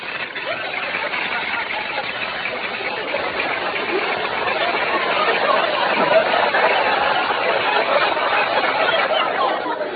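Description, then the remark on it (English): A great big bowl of breakfast cereal crackles loudly and steadily as cream is poured on it, a dense, continuous fizz of tiny pops and snaps that holds an even level for about ten seconds with no talking. “You can take your fingers out of your ears now. They've stopped crackling.”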